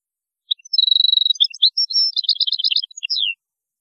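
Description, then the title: European goldfinch song: a bright tinkling twitter with a brief rattled trill, then a rush of quick jangling notes finishing on a descending slur. "Chant Chardonneret"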